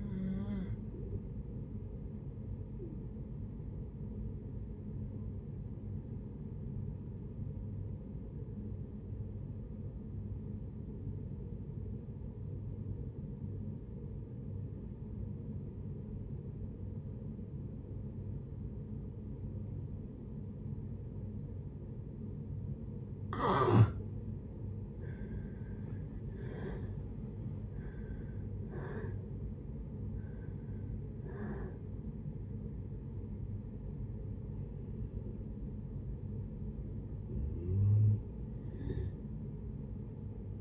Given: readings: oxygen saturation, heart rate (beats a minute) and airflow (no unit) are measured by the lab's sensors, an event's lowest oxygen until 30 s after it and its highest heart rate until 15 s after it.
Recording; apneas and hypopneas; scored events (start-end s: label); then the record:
breathing in sleep by a smartphone at the bedside; 1
4.00-23.50 s: obstructive apnea (N1, oxygen 97% highest, then 75% lowest)
From the record:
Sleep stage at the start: N1 (lightest sleep); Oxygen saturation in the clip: 76 to 97%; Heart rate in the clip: 56 to 81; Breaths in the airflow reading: 6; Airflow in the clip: -11.3 to 11.9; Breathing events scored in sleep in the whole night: 496 in 5.4 hours asleep